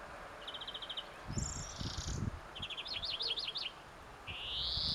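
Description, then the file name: European Greenfinch calling: a rapid chattering trill, a zigzag twittering run, then a long rising nasal wheeze, over a low rumbling background. "Chloris chloris"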